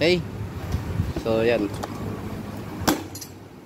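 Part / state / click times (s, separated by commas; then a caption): seat lock latch on e-bike battery compartment / seated / 2.9 s. Someone talks as the seat over an e-bike's battery compartment is closed, and its lock latches home with a sharp click at 2.9 s through a hole drilled so it can engage inside. A fainter clink follows, and the compartment ends up locked.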